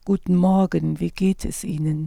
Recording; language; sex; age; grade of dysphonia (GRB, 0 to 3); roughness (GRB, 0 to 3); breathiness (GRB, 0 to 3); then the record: spoken sentence; German; female; 50 to 59 years; 2; 0; 2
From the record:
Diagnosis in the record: psychogenic dysphonia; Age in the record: 58 years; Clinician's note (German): Zustand nach Abtragung mit Narbenbildung